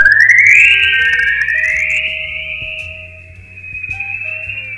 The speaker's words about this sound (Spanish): Por ejemplo, en el año 73, en Francia, pues había seres que hablaban entre ellos con silbido modulado.